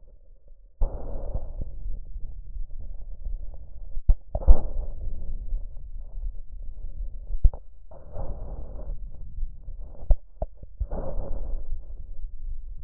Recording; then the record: lung sounds by stethoscope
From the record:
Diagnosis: chronic bronchitis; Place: left posterior upper chest